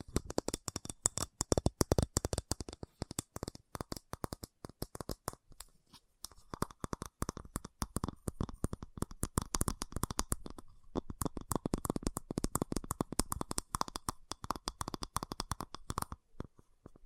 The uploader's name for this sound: ASMR Fast Tapping